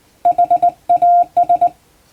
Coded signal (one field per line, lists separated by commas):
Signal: Morse code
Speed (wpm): 20 wpm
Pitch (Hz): 700 Hz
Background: none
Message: HAS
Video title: 毎日聴いてモールスラーニング！アマチュア無線ハムの受信練習用に綺麗な手打ちで平文の欧文モールス信号を叩いてみました。YouTubeの再生速度を調整して聴こう(morse code learning)